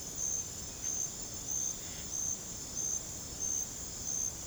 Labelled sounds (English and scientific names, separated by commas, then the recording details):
none
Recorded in secondary vegetation near Puerto Asís, Putumayo, Colombia, on 26 December 2024 at 02:30
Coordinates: 0.489, -76.322
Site G059